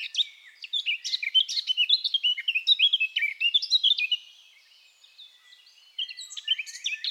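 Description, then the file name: Eurasian blackcap song: a rapid, varied warbling of clear whistled and scratchy notes, bursting for about four seconds, pausing, then resuming briefly. "Sylvia atricapilla"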